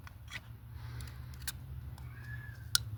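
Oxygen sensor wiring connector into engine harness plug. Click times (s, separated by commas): 2.8 s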